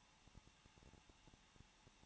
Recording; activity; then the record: daily activity, microphone in the room; no activity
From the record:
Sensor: 1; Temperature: 20.1 degrees Celsius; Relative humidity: 39.3%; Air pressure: 1006.4 hPa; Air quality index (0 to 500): 218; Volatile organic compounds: 80 ppm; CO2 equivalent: 3606 ppm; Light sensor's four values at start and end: 1/2/1/1 and 1/2/1/1